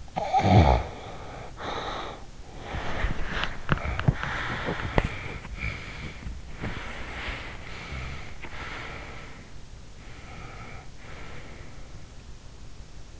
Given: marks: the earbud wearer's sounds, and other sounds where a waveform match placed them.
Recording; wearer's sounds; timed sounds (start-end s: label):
sounds in sleep by an in-ear microphone; snoring breath, body movement, teeth grinding, breath
0.00-2.46 s: snoring breath
2.53-8.77 s: body movement
3.64-5.07 s: teeth grinding
4.14-6.43 s: breath
6.61-9.52 s: breath
10.00-12.06 s: breath